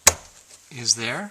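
A black plastic fuel line quick-connector is pushed onto its fitting on the fuel tank sender unit and snaps in with one loud, sharp snap at 0.1 s. The connector is seated. Afterward, someone talks.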